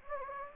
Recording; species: mosquito wingbeat signal from an infrared sensor; Anopheles gambiae